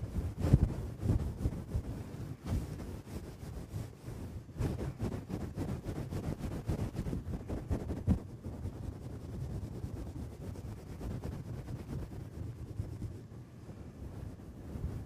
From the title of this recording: ASMR brain scratch // mic touching // head and back scratcher